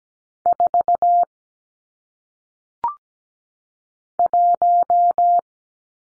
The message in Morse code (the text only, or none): 4 1